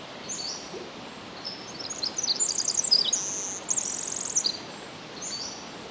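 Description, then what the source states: Pacific wren song of fast, high tinkling trills and rapidly repeated buzzy notes in quick succession, heard over a constant soft hiss. Recorded 10 July 2011 at 06:35.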